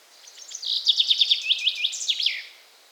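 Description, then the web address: Common chaffinch delivering a phrase of repeated chirps, then ending in a couple of sliding terminal notes. "bnpi sounds erdei pinty"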